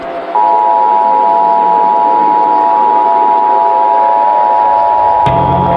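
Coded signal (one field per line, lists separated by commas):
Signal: Emergency Alert System (SAME) tones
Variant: 853 and 960 Hz attention tone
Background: music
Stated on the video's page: Fictional EAS scenario of a Galactic Empire invasion, with tones made with EAS encoder software.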